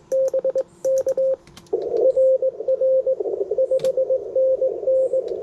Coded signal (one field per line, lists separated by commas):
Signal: Morse code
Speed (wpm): 22 wpm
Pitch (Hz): 530 Hz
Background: radio noise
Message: BK RR 5NN